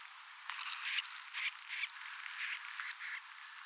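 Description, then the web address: Snipe calls: a run of harsh, scratchy notes, several in close succession, blending into an uneven chatter. Compilation of recordings from 5 October 2024; many snipes present, reportedly including some pin-tailed snipes. "paivat 5 10 2024 kurppia paljon siella on joukossa tietaakseni joitakin suippopyrstokurppalintuja kooste"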